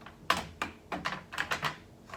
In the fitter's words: just snaps right in snaps